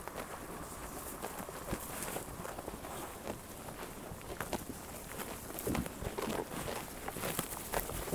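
Sheep chewing grass, many rough crunches, slightly louder toward the end.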